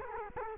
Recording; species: mosquito wingbeat signal from an infrared sensor; Culex quinquefasciatus